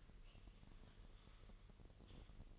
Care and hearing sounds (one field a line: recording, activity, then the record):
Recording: daily activity, microphone in the room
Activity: typing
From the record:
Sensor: 4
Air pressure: 1002.9 hPa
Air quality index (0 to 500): 248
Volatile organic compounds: 19 ppm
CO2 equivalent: 2652 ppm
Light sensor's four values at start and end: 5/12/4/5 and 5/12/4/5